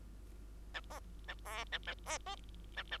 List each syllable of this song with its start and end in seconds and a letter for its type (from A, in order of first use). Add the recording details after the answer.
0.74-0.81 A, 0.90-1.00 B, 1.28-1.34 A, 1.45-1.64 C, 1.72-1.79 A, 2.76-2.83 A, 2.91-2.98 A. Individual Bird2